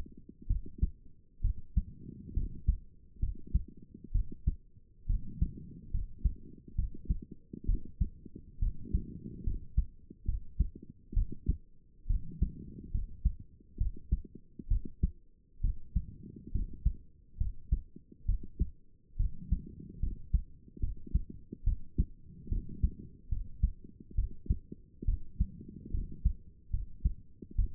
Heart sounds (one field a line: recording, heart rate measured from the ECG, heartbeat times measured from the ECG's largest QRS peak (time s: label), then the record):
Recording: heart sounds by stethoscope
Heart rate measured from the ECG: 69 bpm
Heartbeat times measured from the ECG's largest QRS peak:
0.47 s: heartbeat
1.41 s: heartbeat
2.33 s: heartbeat
3.19 s: heartbeat
4.12 s: heartbeat
5.06 s: heartbeat
5.91 s: heartbeat
6.75 s: heartbeat
7.66 s: heartbeat
8.59 s: heartbeat
9.43 s: heartbeat
10.25 s: heartbeat
11.13 s: heartbeat
12.07 s: heartbeat
12.91 s: heartbeat
13.77 s: heartbeat
14.68 s: heartbeat
15.61 s: heartbeat
16.51 s: heartbeat
17.37 s: heartbeat
18.25 s: heartbeat
19.16 s: heartbeat
19.99 s: heartbeat
20.80 s: heartbeat
21.64 s: heartbeat
22.48 s: heartbeat
23.29 s: heartbeat
24.15 s: heartbeat
25.05 s: heartbeat
25.91 s: heartbeat
26.70 s: heartbeat
27.55 s: heartbeat
From the record:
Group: healthy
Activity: rest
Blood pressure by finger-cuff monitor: 133/74 mmHg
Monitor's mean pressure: 93 mmHg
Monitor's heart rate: 69 bpm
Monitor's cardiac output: 6.6 L/min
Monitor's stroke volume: 96 mL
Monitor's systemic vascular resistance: 1040 dyn s/cm5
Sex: female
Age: 22 years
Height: 154 cm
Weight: 58.7 kg